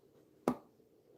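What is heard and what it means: A Dremel rotary tool flex-shaft handpiece collar with a stuck multichuck is hooked into its housing from the back and pushed forward until it locks onto its three notches, done quietly so the click can be heard. A single sharp click at 0.5 s stands out against a faint low background hum and fades within about a tenth of a second. The handpiece seats and locks in place.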